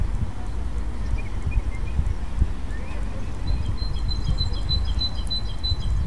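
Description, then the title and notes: Bird song: a few scattered high chirps, then a thin, rapid trill of evenly spaced high notes through the second half, all above steady low rumbling noise. Recorded during the solar eclipse of 20 March 2015. "Grabación del canto de un pájaro durante el eclipse del 20 de marzo de 2015"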